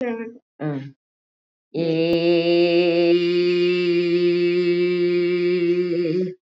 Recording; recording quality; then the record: sustained vowel as in made; excellent, no background noise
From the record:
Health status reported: COVID-19 positive, moderate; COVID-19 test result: positive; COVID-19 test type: RT-PCR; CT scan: not taken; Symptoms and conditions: cough, fever, fatigue, hypertension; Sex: female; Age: 71 years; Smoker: no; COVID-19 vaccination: both doses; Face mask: worn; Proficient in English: no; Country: India